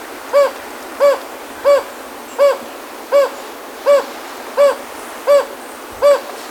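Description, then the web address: Jocotoco antpitta giving a steady series of nine low, hollow hooting notes, one roughly every two-thirds of a second, against a quiet hissing background. Ecuador. "Birds of Ecuador 2. Jocotoco Antpitta"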